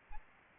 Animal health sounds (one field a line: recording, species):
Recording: mosquito wingbeat signal from an infrared sensor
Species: Aedes albopictus